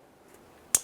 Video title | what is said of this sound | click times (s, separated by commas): How to Replace Speed Sensor 2005-2010 Dodge Dakota | slide our wiring harness into place listen for our click | 0.8 s